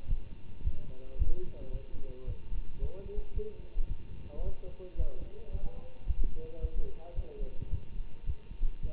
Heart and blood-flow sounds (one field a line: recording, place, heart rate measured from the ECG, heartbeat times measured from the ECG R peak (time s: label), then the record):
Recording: heart sounds by stethoscope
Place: between the tricuspid and mitral areas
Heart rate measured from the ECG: 110 bpm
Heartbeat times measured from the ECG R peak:
0.07 s: heartbeat
0.63 s: heartbeat
1.18 s: heartbeat
1.72 s: heartbeat
2.26 s: heartbeat
2.80 s: heartbeat
3.34 s: heartbeat
3.88 s: heartbeat
4.43 s: heartbeat
4.97 s: heartbeat
5.51 s: heartbeat
6.06 s: heartbeat
6.61 s: heartbeat
7.15 s: heartbeat
7.70 s: heartbeat
8.25 s: heartbeat
8.81 s: heartbeat
From the record:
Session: Bruce protocol treadmill stress test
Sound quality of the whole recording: good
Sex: male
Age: 24 years